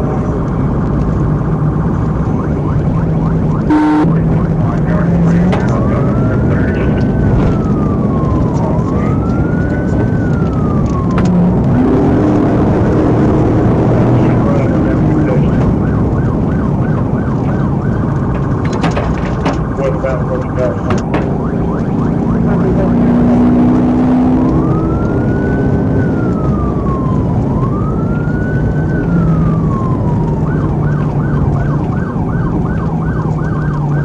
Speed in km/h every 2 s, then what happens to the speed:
119, 122, 129, 134, 132, 132, 147, 129, 111, 100, 106, 119, 126, 124, 118, 106, 85.
0-6 speeds up to 134. 10-12 speeds up to 147. 12-17 brakes to 100. 17-25 speeds up to 126. 25-32 brakes to 85.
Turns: none.